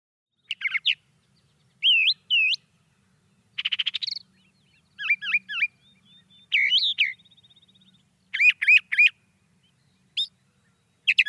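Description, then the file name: Brown thrasher song of varied doubled phrases, including a harsh buzzy note, slurred chirps and a thin trill, with a faint low hum underneath. "suara kicauan brown thrasher. omkicau"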